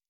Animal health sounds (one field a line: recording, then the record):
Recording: hydrophone in a shrimp aquaculture tank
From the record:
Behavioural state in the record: normal